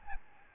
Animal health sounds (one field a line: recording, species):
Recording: mosquito wingbeat signal from an infrared sensor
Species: Aedes albopictus